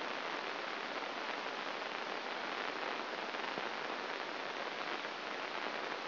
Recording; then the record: brain microelectrode recording played as sound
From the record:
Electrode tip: inside the subthalamic nucleus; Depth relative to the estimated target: 3 mm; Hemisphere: right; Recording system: AlphaMap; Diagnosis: Parkinson's disease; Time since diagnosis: 12 years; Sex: male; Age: 57 years